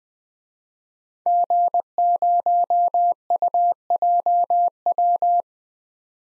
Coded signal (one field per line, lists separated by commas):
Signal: Morse code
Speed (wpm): 21 wpm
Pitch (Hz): 700 Hz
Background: none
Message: G0UJW